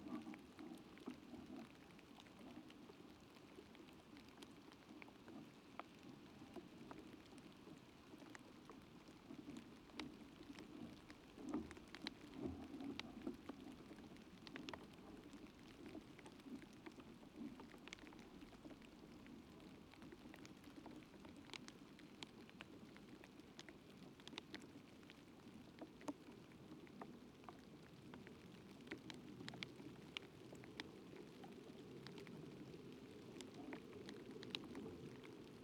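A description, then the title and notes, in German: First rain falls steadily, a dense patter with countless small drop hits spread across the whole stretch. A low, soft rumble sits underneath throughout, and sharper individual drops tick out now and then, slightly busier around the middle and toward the end. Der erste Regen des Kunstkopfes. Aber die Kombination menschlicher Ohren mit Silikon ist gut: Sogar die Mikrophone gehen noch.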